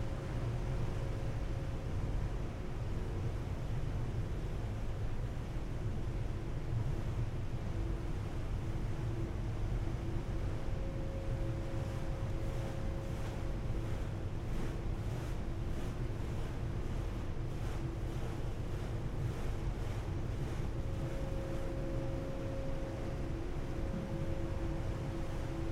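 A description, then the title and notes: On the Seattle–Bainbridge Island ferry, a steady low engine rumble and rushing water churn on, with faint steady tones humming above throughout. Seattle Inbound Rear Passenger Deck Board And Launch Stereo. Round-trips on the Seattle-Bainbridge Island Ferry.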